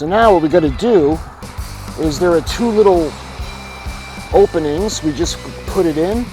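After cleaning, a plastic air filter cover is being fitted to a lawnmower engine housing, with its tabs going into two small openings. Someone talks over faint music and a steady low hum while handling the part. Nothing has seated or clicked yet.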